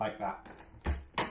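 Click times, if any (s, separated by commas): 1.2 s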